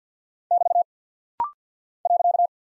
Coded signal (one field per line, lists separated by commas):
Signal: Morse code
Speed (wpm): 50 wpm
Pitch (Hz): 700 Hz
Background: none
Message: <BT> .